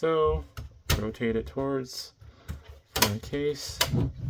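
Someone talks while the plastic front bezel of a Dell Optiplex 7010 SFF small form factor desktop PC case, reattached during a power supply replacement with its tabs already in the holes, is handled and rotated toward the front of the case. A faint, brief handling sound is heard at 2.5 s. Nothing has seated or clicked yet, and the bezel clips have not locked into place.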